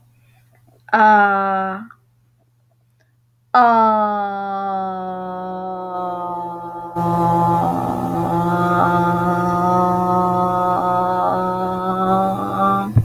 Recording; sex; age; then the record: vowel held as long as possible; female; 20 to 29 years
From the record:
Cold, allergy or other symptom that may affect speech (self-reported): no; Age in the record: 29 years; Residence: California, United States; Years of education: 16